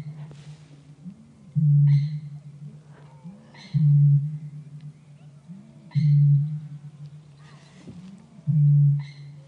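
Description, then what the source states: Australasian bittern booming: four deep, low, hollow booms about every two seconds, each starting with a soft intake note, with faint bird calls in the background. Uncaught male booming at dusk by a lake in a New Zealand wetland; males boom to attract females; team may return to catch him and fit a transmitter.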